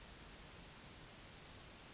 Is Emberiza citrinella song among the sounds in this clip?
no